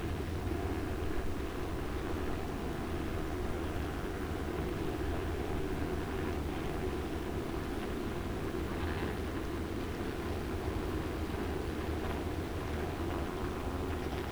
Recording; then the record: honeybees, microphone in the hive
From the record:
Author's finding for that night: worker piping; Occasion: New Year's Eve 2019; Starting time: 9:40:00 PM